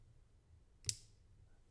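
A round plastic LEGO brick with a pin is pushed through into a LEGO sub-assembly, with a quiet low hum in the background. It seats with one sharp, bright click at 0.9 s, and the rest of the clip stays quiet.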